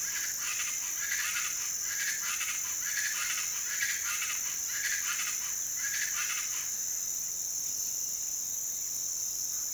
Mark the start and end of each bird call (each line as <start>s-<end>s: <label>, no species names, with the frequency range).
0.00s-6.70s: bird call (0.6-5.2 kHz)